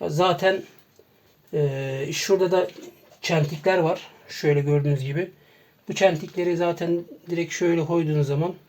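A desktop processor is handled and lowered by its notches toward a motherboard socket while someone talks throughout, with no distinct mechanical sounds standing out. Nothing has seated or clicked yet.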